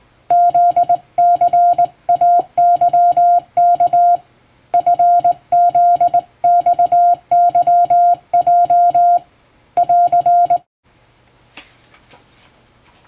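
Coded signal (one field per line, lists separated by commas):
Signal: Morse code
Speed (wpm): 19 wpm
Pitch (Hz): 700 Hz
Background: music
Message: ZCAYK FZXYJ <AR>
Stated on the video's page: Morse code practice for Japanese radio operator exam.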